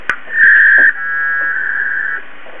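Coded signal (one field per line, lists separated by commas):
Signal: packet radio (AX.25, as in APRS)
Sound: a brief harsh warbling data burst of about two seconds after a click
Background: radio static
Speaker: we will go ahead and disconnect and we'll do that over here using the beam command which means by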